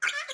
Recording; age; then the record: pig call; piglet (1 to 25 days)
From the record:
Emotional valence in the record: negative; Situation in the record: restrain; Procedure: in the arms of a person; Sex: male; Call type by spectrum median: low-frequency call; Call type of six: high-frequency stable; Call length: 0.34 s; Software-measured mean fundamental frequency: 235 Hz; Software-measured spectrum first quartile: 1537 Hz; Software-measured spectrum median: 2120 Hz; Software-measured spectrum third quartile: 3076 Hz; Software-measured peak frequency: 1443 Hz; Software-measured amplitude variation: 190 dB a second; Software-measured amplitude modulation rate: 13.1 a second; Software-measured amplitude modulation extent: 14.5 dB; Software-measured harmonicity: 7.4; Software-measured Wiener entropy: -2.14